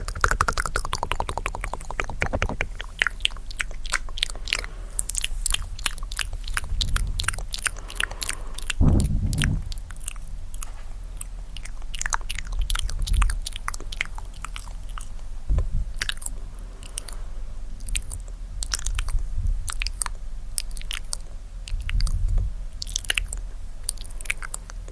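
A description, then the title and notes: Crisp mouth sounds: rapid tktk clicks and wet pops run almost continuously, sometimes in quick bursts and sometimes more spaced out. Soft low thumps of tapping or hand movement land every few seconds, notably near 9, 13, 15 and 22 seconds. ASMR Tingly Tascam Mouth Sounds (Breathy, Tktk, Tapping, Hand Movements).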